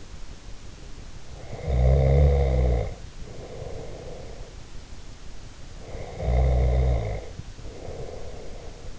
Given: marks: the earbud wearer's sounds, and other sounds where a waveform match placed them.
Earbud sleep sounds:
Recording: sounds in sleep by an in-ear microphone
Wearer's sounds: snoring breath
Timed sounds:
1.26-4.70 s: snoring breath
5.74-8.99 s: snoring breath

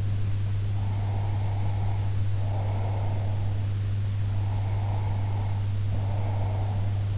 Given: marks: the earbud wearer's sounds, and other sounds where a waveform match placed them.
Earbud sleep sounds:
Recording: sounds in sleep by an in-ear microphone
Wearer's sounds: breath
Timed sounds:
0.70-3.70 s: breath
4.30-7.10 s: breath

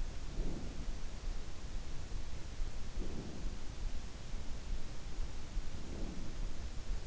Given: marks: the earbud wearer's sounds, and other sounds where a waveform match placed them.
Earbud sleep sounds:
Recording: sounds in sleep by an in-ear microphone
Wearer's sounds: breath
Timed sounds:
0.06-0.94 s: breath
2.78-3.54 s: breath
5.67-6.29 s: breath

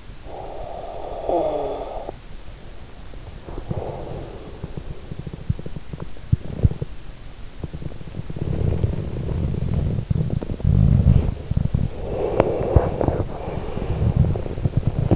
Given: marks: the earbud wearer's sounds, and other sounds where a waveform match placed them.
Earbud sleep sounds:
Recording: sounds in sleep by an in-ear microphone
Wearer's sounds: snoring breath, breath, teeth grinding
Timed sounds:
0.00-2.41 s: snoring breath
3.44-4.62 s: breath
5.01-11.99 s: teeth grinding
11.99-14.59 s: breath

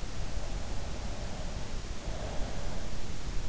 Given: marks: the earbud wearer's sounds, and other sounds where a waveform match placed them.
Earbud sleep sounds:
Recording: sounds in sleep by an in-ear microphone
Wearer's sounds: breath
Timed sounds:
0.36-3.07 s: breath

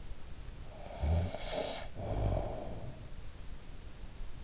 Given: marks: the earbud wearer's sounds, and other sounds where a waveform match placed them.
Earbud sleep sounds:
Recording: sounds in sleep by an in-ear microphone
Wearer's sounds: snoring breath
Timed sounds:
0.63-3.15 s: snoring breath

